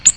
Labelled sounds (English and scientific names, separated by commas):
Ovenbird (Seiurus aurocapilla) flight call